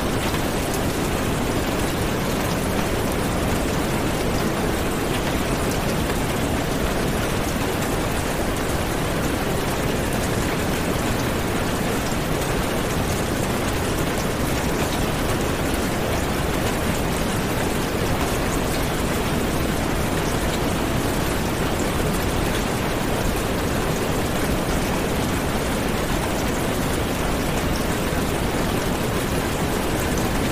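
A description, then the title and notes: Heavy rain pours in a dense, unbroken wash, blended with a deep, steady rushing noise. The sound stays constant for the whole stretch, weighted toward the low end with a softer hiss above, and no separate drops or events stand out. Heavy Rains with Binaural Brown Noise.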